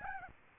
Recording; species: mosquito wingbeat signal from an infrared sensor; Aedes albopictus